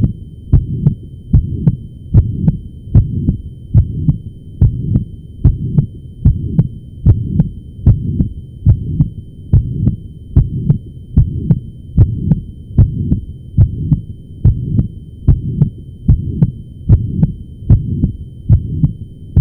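A steady, regular heart rhythm of about 70 beats a minute, with a low blowing sound that fills the gap between the beats and swells toward the second sound. This is a holosystolic murmur, lasting the whole of systole, with a blowing, crescendo quality.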